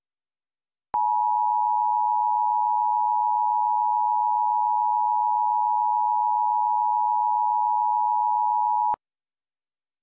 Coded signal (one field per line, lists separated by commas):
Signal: Emergency Alert System (SAME) tones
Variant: 853 and 960 Hz attention tone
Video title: EAS - New York Tornado Drill